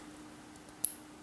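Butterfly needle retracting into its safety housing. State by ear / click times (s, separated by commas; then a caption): seated / 0.8 s. After the tourniquet is released, a butterfly needle is pulled back into its plastic safety housing over a faint steady background hum. A single sharp click with a brief high-pitched ring sounds at 0.9 s as the needle fully retracts and the retraction mechanism locks.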